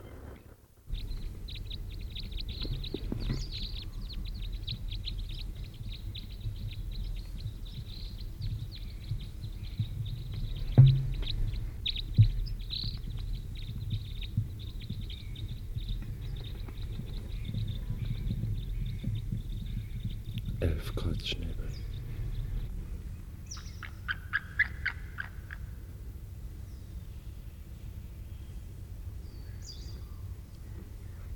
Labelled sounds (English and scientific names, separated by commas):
White-tailed Eagle (Haliaeetus albicilla) call